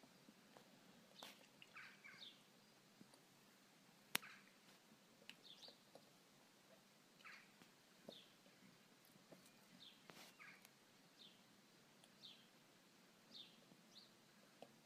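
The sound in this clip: Bird calls: thin downward chirps spaced irregularly across a quiet background with an occasional click.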